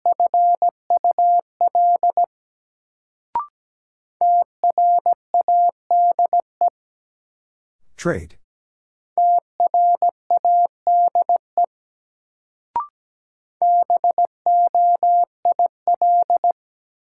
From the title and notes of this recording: Sets of 5 Words Encore - New Word Drill - 17wpm. First, the word is sent in Morse code.